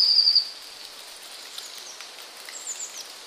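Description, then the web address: Eurasian blue tit song: one short, high, rapid trill at the start, then only faint hiss. "wroblowe kolekcja modraszka"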